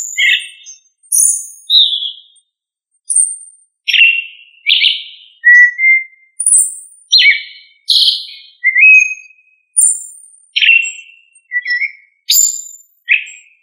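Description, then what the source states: Sabiá thrush singing a long series of varied whistled phrases, some descending, separated by short pauses. Thrush family, Turdidae.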